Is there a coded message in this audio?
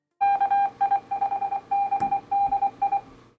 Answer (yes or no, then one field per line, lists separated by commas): yes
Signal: Morse code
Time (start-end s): 0.2-3.0 s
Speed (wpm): 23 wpm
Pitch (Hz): 800 Hz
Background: none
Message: KI5BDI